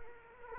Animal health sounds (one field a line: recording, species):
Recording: mosquito wingbeat signal from an infrared sensor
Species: Culex quinquefasciatus